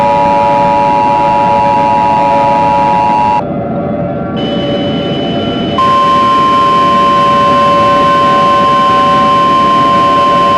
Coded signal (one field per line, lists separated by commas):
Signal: Emergency Alert System (SAME) tones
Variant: 853 and 960 Hz attention tone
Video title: EAS Scenario (my first one!) PUMPKINS! (13+)￼